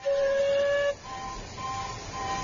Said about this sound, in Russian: И вот поезд трогается.